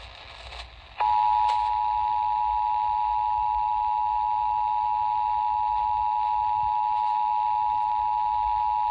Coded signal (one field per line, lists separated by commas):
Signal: Emergency Alert System (SAME) tones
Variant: 853 and 960 Hz attention tone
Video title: EAS #314 - JAX FFW (WBYZ FM)